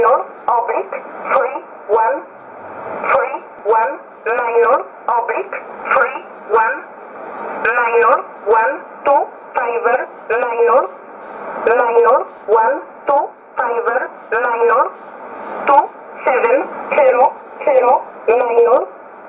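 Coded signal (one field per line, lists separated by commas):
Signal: numbers station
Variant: E11 Oblique, English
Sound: female-sounding voice reading short words at a steady, evenly spaced pace over radio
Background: radio static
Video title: 30 09 2018 E11 Oblique Numbers station in English to Eu 0808 on 9200 unknown tx site in USB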